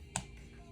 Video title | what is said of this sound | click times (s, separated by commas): Kindergarten | hear that snap now if it's hard for you to snap that cap | 0.2 s